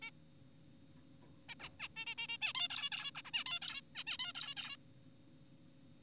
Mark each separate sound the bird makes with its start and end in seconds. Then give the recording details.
0.02-0.11, 1.49-1.55, 1.60-1.69, 1.80-1.88, 1.97-2.05, 2.07-2.15, 2.18-2.27, 2.29-2.37, 2.42-2.53, 2.55-2.68, 2.70-2.90, 2.92-3.11, 3.15-3.22, 3.25-3.31, 3.34-3.44, 3.46-3.59, 3.62-3.81, 3.95-4.04, 4.07-4.17, 4.19-4.33, 4.35-4.55, 4.57-4.77. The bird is an adult. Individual g4p5U